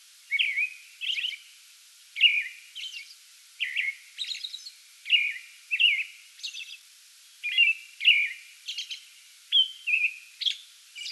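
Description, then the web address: American robin singing continuous whistled phrases interspersed with high squeaky elements. Pre-dawn song bout recorded 8 May 2022. "soundrecordings 2022-05-08 American Robin pre-dawn song bout"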